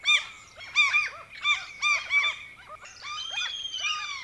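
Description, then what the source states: Common gull calls: a series of shrill, mewing cries with harmonic overtones, given in repeated bursts. Common gulls in cities by the water; their calling can be quite wild in spring and during the chick-rearing season.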